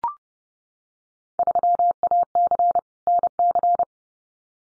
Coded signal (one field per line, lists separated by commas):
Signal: Morse code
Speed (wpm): 30 wpm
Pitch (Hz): 700 Hz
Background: none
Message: 3AC NC